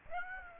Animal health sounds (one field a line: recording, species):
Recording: mosquito wingbeat signal from an infrared sensor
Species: Aedes aegypti